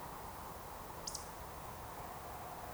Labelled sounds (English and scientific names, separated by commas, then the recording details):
Eurasian Woodcock (Scolopax rusticola) whistle
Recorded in Baden-Württemberg, Germany, on 14 June 2020 at 20:12 UTC
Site 43791, 788 m above sea level